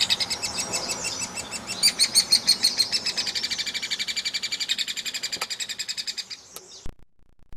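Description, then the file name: Hairy woodpecker producing a dense run of sharp, high notes that gradually weakens and fades, ending in a couple of clicks. "platuk hairy untuk kacer murai cucak hijau"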